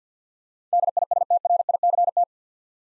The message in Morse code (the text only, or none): DISTRICT